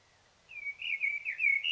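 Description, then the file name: Common blackbird singing a short, mellow, whistled warble that wavers up and down. "Turdus merula"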